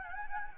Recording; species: mosquito wingbeat signal from an infrared sensor; Anopheles gambiae